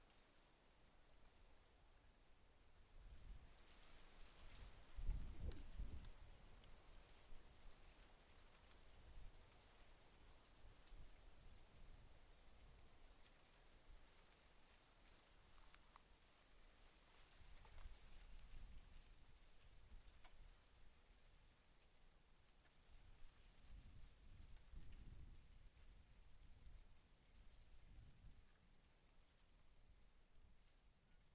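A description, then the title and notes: Insects keep up a steady, bright, high-pitched buzzing chorus for the whole recording. Wind comes and goes underneath as low rumbling gusts, strongest around five seconds and again near twenty-five seconds, with calmer stretches in between. Mangrove near Old US Highway 1.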